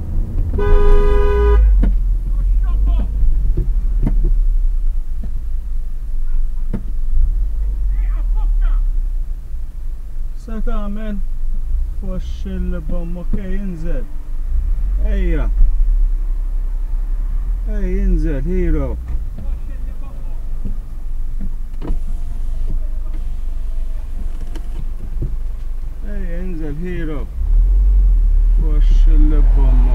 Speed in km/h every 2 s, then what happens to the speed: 13, 10, 0, 0, 0, 0, 0, 0, 3, 7, 4, 0, 0, 0, 9.
0-3 brakes to 0. 3-15 standing. 15-17 pulls away to 7. 21-26 standing. 26-30 pulls away to 9.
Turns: none.